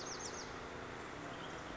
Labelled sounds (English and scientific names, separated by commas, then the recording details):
Bewick's Wren (Thryomanes bewickii)
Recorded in Sonoma County, California